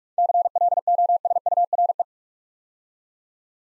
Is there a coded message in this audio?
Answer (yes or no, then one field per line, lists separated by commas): yes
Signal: Morse code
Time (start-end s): 0.2-2.0 s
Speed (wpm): 44 wpm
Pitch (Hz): 700 Hz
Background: none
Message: CLOSURE